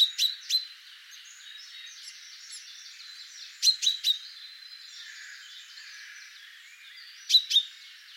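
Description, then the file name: Common chaffinch calls: sharp, bright notes given in quick pairs or threes, bursts about every three to four seconds, over a soft background chorus of other birds. "Fringilla coelebs"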